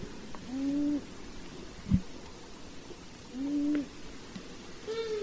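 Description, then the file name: Long-eared owl calls: low, short, level nasal notes repeated about every three seconds, a sharp click between them, and a higher squeal at the end. "Hibou moyen duc"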